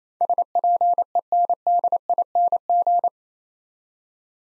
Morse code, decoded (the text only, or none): SPENDING